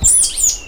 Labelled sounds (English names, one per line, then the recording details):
Stitchbird song
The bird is a male
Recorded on Tiritiri Matangi Island, New Zealand, in 2005
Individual 1, of nest box 1